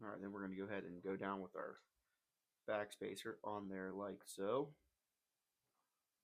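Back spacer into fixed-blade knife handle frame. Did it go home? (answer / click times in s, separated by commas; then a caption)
no / none. A back spacer is lowered onto the handle frame of a Ka-Bar BK40 fixed-blade knife during reassembly while someone talks. The part is handled but has not seated or clicked yet; nothing snaps into place within the clip.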